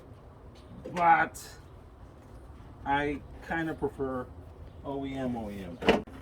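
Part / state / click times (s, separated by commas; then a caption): plastic grille clip into truck front grille mount / not seated / none. A plastic grille piece with a clip is handled at the front grille mount of a 3rd gen Tacoma truck while someone talks. Nothing has seated or clicked yet; the clip has not locked in place.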